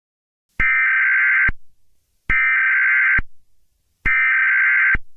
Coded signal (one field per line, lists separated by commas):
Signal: Emergency Alert System (SAME) tones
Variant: header bursts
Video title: Godzilla versus Godzilla blood path holiday special(eas scenario)